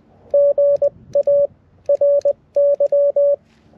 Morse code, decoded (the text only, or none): GA RY